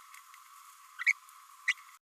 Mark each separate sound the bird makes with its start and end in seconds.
1.06-1.13